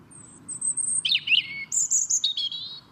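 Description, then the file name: European robin delivering a phrase that opens with a sustained very high whistle, drops into a descending warble, then rises into glittering high twitters. "Erithacus rubecula"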